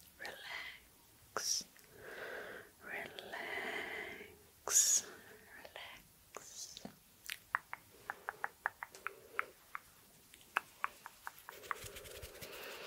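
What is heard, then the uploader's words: Mouth sounds with hand movements: breathy hisses and hums early, then a run of quick, regular clicks and taps from about eight seconds onward. Hand movements with mouth sounds.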